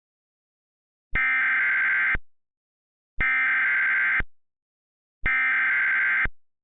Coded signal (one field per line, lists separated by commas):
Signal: Emergency Alert System (SAME) tones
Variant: header bursts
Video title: EAS Mock - Donna is ALIVE?